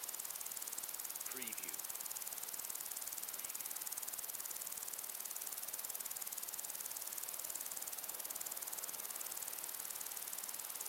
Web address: beanstalk-audio Crickets and insects in windy long grass